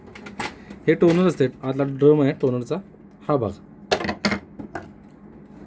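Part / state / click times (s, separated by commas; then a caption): plastic gear into laser printer gear assembly / seated / 0.4 s. After cleaning and greasing, the same plastic gear is refitted into the gear assembly of an HP LaserJet Pro 3004DW printer and locks into place with a click at 0.4 s, after a few lighter taps. Someone then talks, and two sharper knocks follow at about 3.9 s and 4.3 s.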